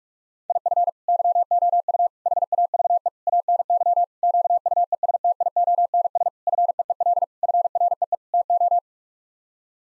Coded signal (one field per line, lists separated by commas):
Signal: Morse code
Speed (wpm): 41 wpm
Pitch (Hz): 700 Hz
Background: none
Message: IF YOU HAVE ANY QUESTIONS FEEL FREE TO